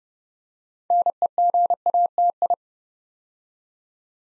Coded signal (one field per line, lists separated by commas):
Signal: Morse code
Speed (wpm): 30 wpm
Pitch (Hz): 700 Hz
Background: none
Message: NEGATI